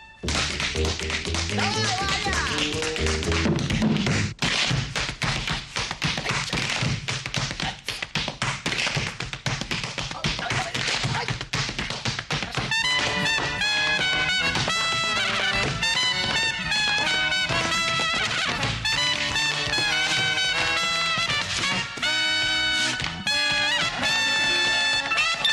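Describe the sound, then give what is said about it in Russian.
A double bassist walks around his instrument tapping a rhythm on the double bass body, a steady run of sharp, hollow knocks that continues for the whole stretch, ending with strikes on the body, with ringing pitched tones emerging over the beats in the second half. “Контрабасист обходит свой инструмент, отбивая ритм. Завершает обход ударами о корпус.”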